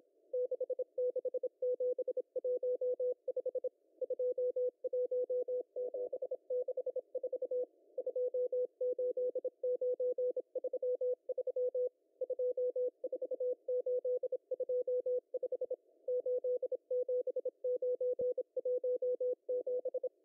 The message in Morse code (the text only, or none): 66715 21764 28933 24825 87917